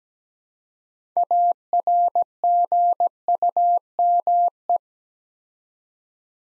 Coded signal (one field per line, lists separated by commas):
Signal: Morse code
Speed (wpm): 17 wpm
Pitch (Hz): 700 Hz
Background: none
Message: ARGUME